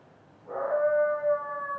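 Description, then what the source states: Coyote howl, one long steady note that swells in and holds flat to the end, rich in overtones, over low background noise. Coyotes recorded near a wildfire, seemingly upset; natural reverberation, unprocessed recording.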